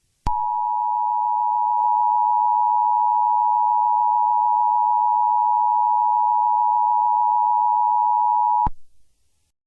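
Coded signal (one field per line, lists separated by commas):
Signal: Emergency Alert System (SAME) tones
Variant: 853 and 960 Hz attention tone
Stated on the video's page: Simulated alert in a fictional mock scenario about a black hole emerging from the sun; tones are valid EAS tones.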